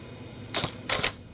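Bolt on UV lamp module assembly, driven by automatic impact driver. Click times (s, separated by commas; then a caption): 0.6 s, 1.1 s. A small automatic impact driver tightens a bolt holding a Trojan UV lamp module assembly so the seal seats, run only until it clicks about twice to avoid over-torquing after bolts were stripped on an earlier unit. Two short bursts of driver noise end in sharp clicks at 0.6 s and 1.1 s, the second louder. The bolt reaches its tightening limit.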